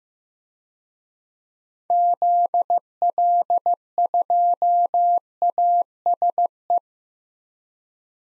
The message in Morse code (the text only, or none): ZL2ASE